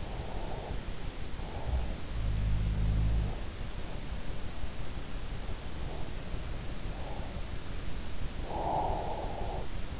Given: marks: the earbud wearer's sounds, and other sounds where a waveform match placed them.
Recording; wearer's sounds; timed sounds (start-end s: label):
sounds in sleep by an in-ear microphone; breath
0.00-0.76 s: breath
1.57-3.51 s: sound from someone else or the room
8.45-9.96 s: breath
9.53-9.99 s: sound from someone else or the room